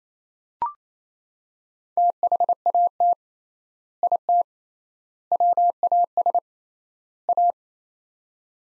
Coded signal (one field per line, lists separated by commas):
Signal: Morse code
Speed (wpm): 28 wpm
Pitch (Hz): 700 Hz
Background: none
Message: THAT IT WAS A